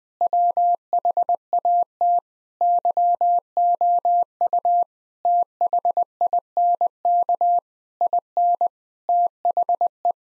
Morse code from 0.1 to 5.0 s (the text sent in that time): WHAT YOU